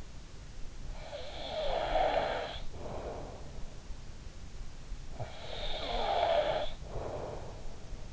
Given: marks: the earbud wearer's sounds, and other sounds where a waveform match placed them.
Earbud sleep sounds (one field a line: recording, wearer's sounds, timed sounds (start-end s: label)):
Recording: sounds in sleep by an in-ear microphone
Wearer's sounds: snoring breath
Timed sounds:
1.00-3.79 s: snoring breath
5.22-8.13 s: snoring breath